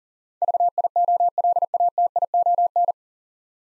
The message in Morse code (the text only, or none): VIOLATION